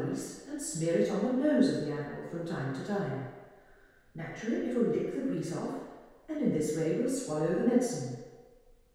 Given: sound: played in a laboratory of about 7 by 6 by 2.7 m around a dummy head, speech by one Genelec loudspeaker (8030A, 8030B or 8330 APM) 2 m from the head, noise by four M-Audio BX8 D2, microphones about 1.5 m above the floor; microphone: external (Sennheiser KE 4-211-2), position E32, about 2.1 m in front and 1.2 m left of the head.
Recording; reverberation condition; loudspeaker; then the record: female speech in English; high; 150 degrees to the right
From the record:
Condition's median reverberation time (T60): about 1300 ms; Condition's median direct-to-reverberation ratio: about -4.0 dB